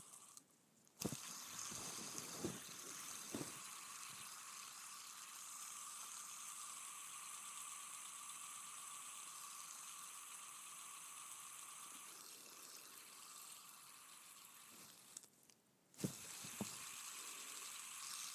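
A fidget spinner whirs steadily with a bright, humming tone and a fine buzzing texture that stays even for most of the spin. A few sharp clicks come near the start, around two and three seconds, then a brief drop near sixteen seconds before it starts again with clicks.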